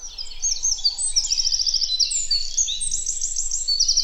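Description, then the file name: Eurasian wren pouring out a loud, very high, rapid song of chattering notes and repeated fast trills throughout. "Troglodytes troglodytes"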